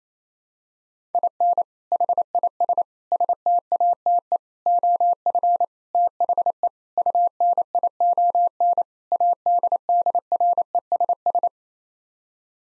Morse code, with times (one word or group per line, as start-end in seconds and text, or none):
1.1-1.6 IN
1.9-2.8 HIS
3.1-4.4 STATE
4.7-5.6 OF
5.9-6.7 THE
7.0-8.8 UNION
9.1-11.5 ADDRESS